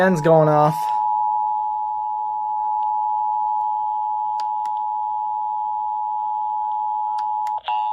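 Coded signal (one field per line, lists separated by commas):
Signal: Emergency Alert System (SAME) tones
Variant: 853 and 960 Hz attention tone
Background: speech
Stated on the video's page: New Hampshire Required Monthly Test on NOAA Weather Radio, held quarterly.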